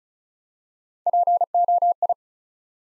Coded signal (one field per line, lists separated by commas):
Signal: Morse code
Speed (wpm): 36 wpm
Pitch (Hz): 700 Hz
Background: none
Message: POI